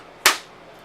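A mechanical trigger grip frame from an MKP kit is pushed onto the plastic body of a Tippmann X7 Phenom paintball marker with everything lined up. It snaps into place with one sharp, loud snap at 0.3 seconds, and the grip frame is seated.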